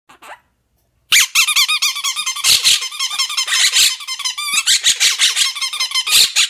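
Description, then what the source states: Bird calls, a rapid run of squeaky chirps and warbling notes, continuous and busy after a short silence, mixed with high squeaks. Bird reacting to a squeaky toy.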